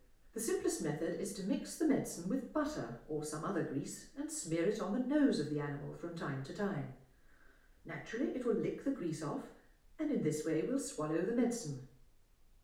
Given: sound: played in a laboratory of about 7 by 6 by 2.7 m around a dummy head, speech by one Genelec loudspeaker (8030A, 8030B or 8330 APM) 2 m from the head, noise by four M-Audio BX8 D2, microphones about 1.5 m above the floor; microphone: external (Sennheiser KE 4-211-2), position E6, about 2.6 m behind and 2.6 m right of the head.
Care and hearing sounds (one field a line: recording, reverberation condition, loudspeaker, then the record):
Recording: female speech in English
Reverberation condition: medium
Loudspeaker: 60 degrees to the left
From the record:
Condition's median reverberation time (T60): about 510 ms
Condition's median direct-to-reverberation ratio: about -0.5 dB